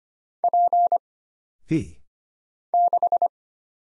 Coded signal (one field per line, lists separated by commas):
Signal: Morse code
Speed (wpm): 25 wpm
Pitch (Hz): 700 Hz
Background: none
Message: P 6